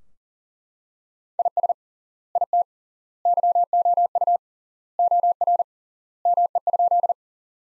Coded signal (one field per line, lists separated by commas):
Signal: Morse code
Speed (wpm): 40 wpm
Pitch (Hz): 700 Hz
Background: none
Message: IS IT YOU OR ME?